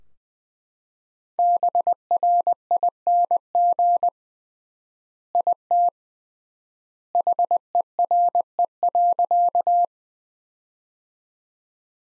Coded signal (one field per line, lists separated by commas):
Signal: Morse code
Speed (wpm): 20 wpm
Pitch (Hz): 700 Hz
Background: none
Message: BRING IT HERE.